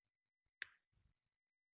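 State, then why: Seated. A small display cable plug is pushed into the socket under the cover of a WL TH16 R2 Wi-Fi temperature switch unit. A single sharp, bright click at 0.6 s marks the plug seating, followed by a brief low handling rustle. The cable is seated.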